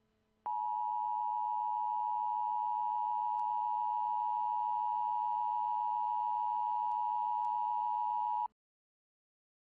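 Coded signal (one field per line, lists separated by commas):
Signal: Emergency Alert System (SAME) tones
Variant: 853 and 960 Hz attention tone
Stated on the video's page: Simulated scenario mock with valid EAS tones.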